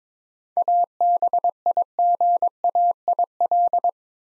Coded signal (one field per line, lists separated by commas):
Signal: Morse code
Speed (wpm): 22 wpm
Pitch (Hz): 700 Hz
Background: none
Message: ABIGAIL